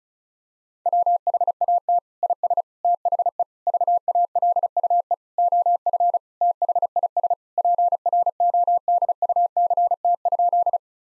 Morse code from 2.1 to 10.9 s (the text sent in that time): IS THE VALUE OF THIS PRODUCT?